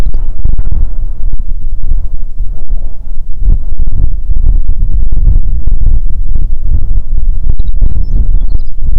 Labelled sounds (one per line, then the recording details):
songbird
wind
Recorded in the Prudhoe Bay oil fields, Alaska, on 6 June 2019 at 04:18
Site 16